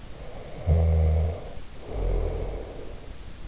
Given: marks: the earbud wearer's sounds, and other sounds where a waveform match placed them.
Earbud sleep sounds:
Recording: sounds in sleep by an in-ear microphone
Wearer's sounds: snoring breath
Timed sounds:
0.03-3.03 s: snoring breath

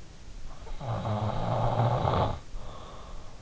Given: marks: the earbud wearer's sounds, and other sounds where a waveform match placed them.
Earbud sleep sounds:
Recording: sounds in sleep by an in-ear microphone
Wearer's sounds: snoring breath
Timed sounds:
0.13-3.11 s: snoring breath

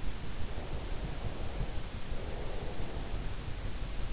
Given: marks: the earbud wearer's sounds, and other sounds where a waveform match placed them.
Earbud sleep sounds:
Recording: sounds in sleep by an in-ear microphone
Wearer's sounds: breath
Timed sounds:
0.88-3.23 s: breath

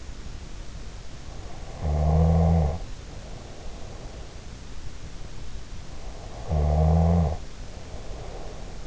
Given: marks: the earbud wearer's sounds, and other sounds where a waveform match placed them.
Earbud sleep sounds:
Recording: sounds in sleep by an in-ear microphone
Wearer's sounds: snoring breath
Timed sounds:
1.60-4.25 s: snoring breath
6.45-8.87 s: snoring breath

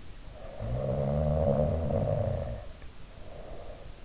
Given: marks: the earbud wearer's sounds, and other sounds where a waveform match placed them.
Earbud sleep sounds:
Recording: sounds in sleep by an in-ear microphone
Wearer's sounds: snoring breath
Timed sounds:
0.16-3.99 s: snoring breath

